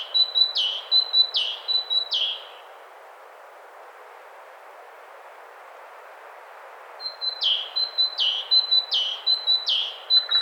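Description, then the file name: Great tit song: a rapid series of two-note phrases, a high thin note dropping to a lower one, repeated in two bursts separated by a pause of several seconds. "Parus major"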